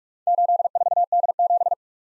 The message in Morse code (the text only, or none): 84D7